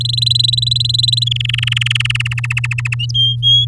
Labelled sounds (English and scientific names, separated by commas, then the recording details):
Domestic Canary (Serinus canaria) song
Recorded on 10 May 2018 at 13:37
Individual llb16